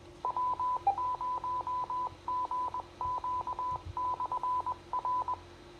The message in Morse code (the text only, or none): W0GQ/R